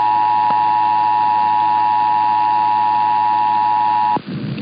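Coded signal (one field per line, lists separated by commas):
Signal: Emergency Alert System (SAME) tones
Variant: 853 and 960 Hz attention tone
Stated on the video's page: Nevada required monthly tests and routine weekly tests.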